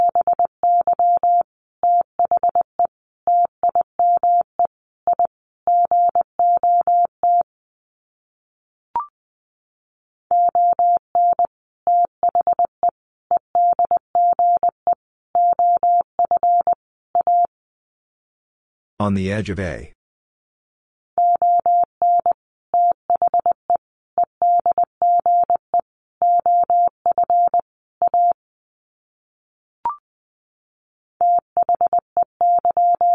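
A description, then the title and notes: Morse code beeps at a single steady pitch, sent in quick bursts of short and long tones grouped into words, with pauses near 8 and 20 seconds. Around 19 seconds a brief rough burst of noise interrupts, and a few faint clicks appear between groups. Sets of 5 Words Encore2 20wpm. First, the words are sent in Morse code. Then it is spoken.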